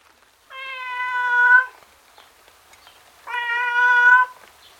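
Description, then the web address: Cat meowing: two long, drawn-out wailing meows, each lasting about a second, separated by a quiet pause. Miserable tom cat outdoors in the rain. "miserable tom cat outside in the rain"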